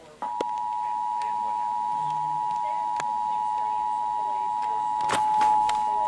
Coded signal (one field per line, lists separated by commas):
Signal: Emergency Alert System (SAME) tones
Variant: 853 and 960 Hz attention tone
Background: speech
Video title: (EXTREMELY RARE) CIVIL EMRGENCY MESSAGE FOR SAN LUIS OBISPO COUNTY (3/9/23) (EAS #838)